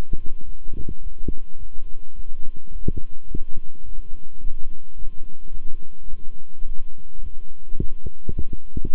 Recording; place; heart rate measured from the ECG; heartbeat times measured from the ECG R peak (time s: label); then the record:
heart sounds by stethoscope; between the tricuspid and mitral areas; 106 bpm
0.44 s: heartbeat
1.01 s: heartbeat
1.58 s: heartbeat
2.15 s: heartbeat
2.71 s: heartbeat
3.27 s: heartbeat
3.84 s: heartbeat
4.41 s: heartbeat
4.97 s: heartbeat
5.53 s: heartbeat
6.09 s: heartbeat
6.66 s: heartbeat
7.22 s: heartbeat
7.78 s: heartbeat
8.35 s: heartbeat
8.92 s: heartbeat
From the record:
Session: walking at 3.7 km/h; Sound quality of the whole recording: good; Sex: male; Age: 26 years